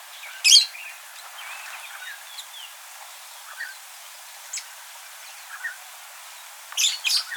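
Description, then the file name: Budgerigar chirps: two loud, harsh, scratchy bursts near the start and end, with soft scattered twitters between over a steady hiss. "Budgie Sounds"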